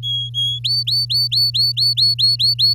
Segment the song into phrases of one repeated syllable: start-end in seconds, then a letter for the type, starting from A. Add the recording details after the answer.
0.03-0.59 A, 0.64-2.74 B. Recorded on 10 May 2018 at 17:05. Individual llb16